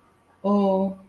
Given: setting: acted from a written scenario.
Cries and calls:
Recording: vocal sound without words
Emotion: guilt

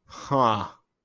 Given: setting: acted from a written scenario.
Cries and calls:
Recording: vocal sound without words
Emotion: contempt

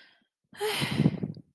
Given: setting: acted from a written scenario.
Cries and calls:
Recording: vocal sound without words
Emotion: contentment

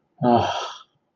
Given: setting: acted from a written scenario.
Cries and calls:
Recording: vocal sound without words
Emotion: disappointment

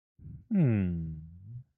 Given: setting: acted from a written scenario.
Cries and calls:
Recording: vocal sound without words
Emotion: disappointment

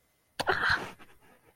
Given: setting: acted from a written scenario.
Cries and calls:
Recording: vocal sound without words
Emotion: negative surprise

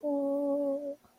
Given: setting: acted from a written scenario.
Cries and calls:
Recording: vocal sound without words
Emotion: romantic love

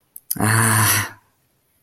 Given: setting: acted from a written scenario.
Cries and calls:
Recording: vocal sound without words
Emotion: disappointment

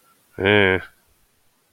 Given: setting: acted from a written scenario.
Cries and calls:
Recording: vocal sound without words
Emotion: contempt

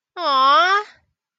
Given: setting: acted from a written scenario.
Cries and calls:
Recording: vocal sound without words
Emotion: adoration

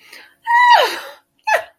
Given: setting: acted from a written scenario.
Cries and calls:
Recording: vocal sound without words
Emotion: elation

